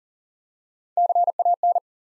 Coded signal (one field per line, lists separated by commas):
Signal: Morse code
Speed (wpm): 40 wpm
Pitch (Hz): 700 Hz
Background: none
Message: CAN